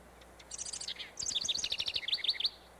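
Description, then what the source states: House Wren song with a short high chatter, then a lively rapid cascade of warbled, bubbling notes that stops abruptly. Sings in spring in the northern part of the state, sometimes before migrating north to its summer home.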